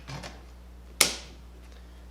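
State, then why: Seated. A cradle mount is pushed onto a Zebra RFD8500 handheld RFID/barcode scanner sled and snaps into place with one sharp, bright click at 1.0 s. Faint handling rustles come before it, and the cradle mount is fully seated and held in firmly.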